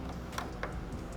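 A small camera module for an FLSUN T1 3D printer has its two tabs lined up with two notches in the printer frame and is given a hard push. Two short clicks sound at 0.4 s and 0.6 s, one per tab. The camera module is seated in the frame.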